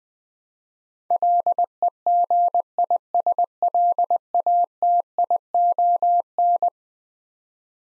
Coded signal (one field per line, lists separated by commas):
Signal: Morse code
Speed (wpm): 20 wpm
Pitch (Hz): 700 Hz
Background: none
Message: LEGISLATION